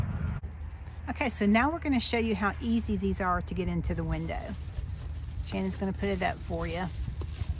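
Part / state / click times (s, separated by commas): magnetic window screen onto vehicle door window frame / not seated / none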